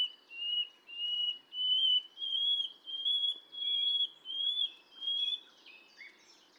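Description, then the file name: Common nightingale song: slow series of pure, drawn-out whistles repeated about every half second, over low background hiss. "Luscinia megarhynchos"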